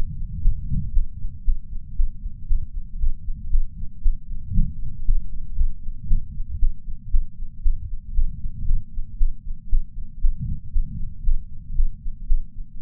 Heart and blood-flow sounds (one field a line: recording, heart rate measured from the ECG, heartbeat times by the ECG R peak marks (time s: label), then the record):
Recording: heart sounds by patch sensor on the chest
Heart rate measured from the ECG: 116 bpm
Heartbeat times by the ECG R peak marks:
0.41 s: heartbeat
0.93 s: heartbeat
1.44 s: heartbeat
1.95 s: heartbeat
2.47 s: heartbeat
2.98 s: heartbeat
3.50 s: heartbeat
4.02 s: heartbeat
4.53 s: heartbeat
5.04 s: heartbeat
5.55 s: heartbeat
6.07 s: heartbeat
6.59 s: heartbeat
7.10 s: heartbeat
7.62 s: heartbeat
8.13 s: heartbeat
8.65 s: heartbeat
9.17 s: heartbeat
9.69 s: heartbeat
10.20 s: heartbeat
10.72 s: heartbeat
11.23 s: heartbeat
11.75 s: heartbeat
12.26 s: heartbeat
12.78 s: heartbeat
From the record:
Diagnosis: coronary artery disease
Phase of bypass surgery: postoperative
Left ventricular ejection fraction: 71.2%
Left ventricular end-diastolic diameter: 40 mm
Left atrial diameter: 32 mm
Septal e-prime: 7.5 cm/s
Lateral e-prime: 10.9 cm/s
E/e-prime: 8.9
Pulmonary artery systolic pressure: 32 mmHg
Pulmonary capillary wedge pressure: 12 mmHg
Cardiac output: 5.45 L/min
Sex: female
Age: 65 years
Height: 153 cm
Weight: 51.5 kg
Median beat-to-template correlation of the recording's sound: 0.91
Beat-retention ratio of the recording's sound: 0.96